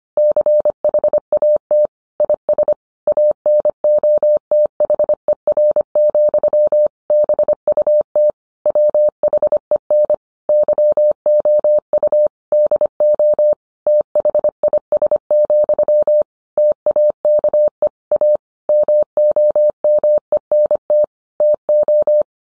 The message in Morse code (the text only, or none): CHAT IS ANOTHER, BUT WHEN YOU DO THIS, TAKE A MOMENT TO